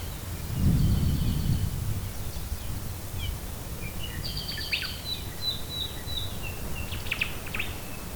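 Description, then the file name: Bird song: high, thin chirps and short trills scattered throughout, busiest in the second half, over a steady low rumble. "manu birdsongs"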